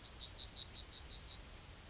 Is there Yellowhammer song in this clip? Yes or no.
yes